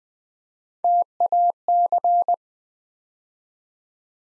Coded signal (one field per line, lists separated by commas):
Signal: Morse code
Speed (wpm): 20 wpm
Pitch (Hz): 700 Hz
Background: none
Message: TAC